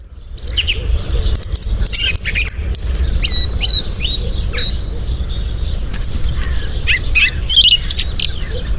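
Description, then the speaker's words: Song thrush singing, varied short whistled and chirping phrases over a steady low rumble. One of the first songbirds to be heard in Ireland at this time of year. "that's the sound of a song thrush, and it's one of the first songbirds you'll hear at this time of year in Ireland."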